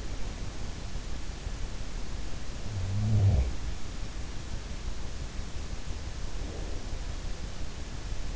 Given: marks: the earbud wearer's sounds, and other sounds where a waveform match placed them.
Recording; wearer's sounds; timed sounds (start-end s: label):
sounds in sleep by an in-ear microphone; breath
2.76-3.79 s: breath
2.78-3.24 s: sound from someone else or the room
6.22-6.90 s: breath